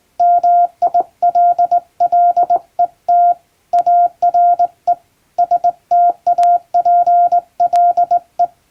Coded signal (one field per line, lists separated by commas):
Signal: Morse code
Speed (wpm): 20 wpm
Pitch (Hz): 700 Hz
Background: none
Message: MILLET ARE STAPLE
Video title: 船舶通信士の愛用品！名品日本無線JRCの電鍵で打つトンとツーの綺麗なハーモニー！欧文電報を打ってみました。受信練習にYouTubeの再生速度を設定して聞こう morse code practice